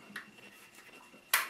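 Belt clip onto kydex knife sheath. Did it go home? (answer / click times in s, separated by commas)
yes / 1.3 s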